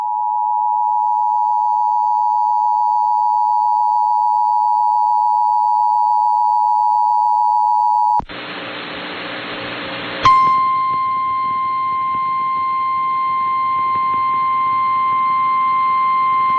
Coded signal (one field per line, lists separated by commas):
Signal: Emergency Alert System (SAME) tones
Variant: 853 and 960 Hz attention tone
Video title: Upland South, Anyone? | EAS Alerts from May 7th, 2023 (EAS #2483-2508)